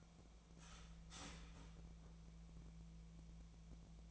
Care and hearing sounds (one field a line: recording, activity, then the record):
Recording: daily activity, microphone in the room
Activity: start toaster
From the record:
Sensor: 1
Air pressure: 1000.3 hPa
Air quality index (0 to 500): 154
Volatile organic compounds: 3 ppm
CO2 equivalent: 1450 ppm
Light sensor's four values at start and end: 30/74/31/37 and 30/74/31/37